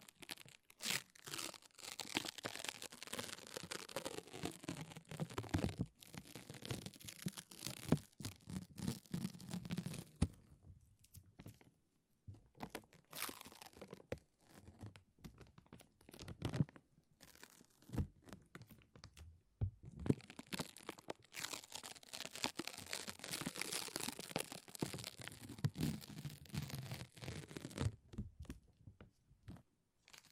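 Sticky tape and a lint roller peel and crackle in dense bursts of tearing, crinkling sound, bright and full across the range. A busy stretch runs for the first ten seconds, then sparse pulls and gaps, then another dense run from about twenty to twenty-eight seconds.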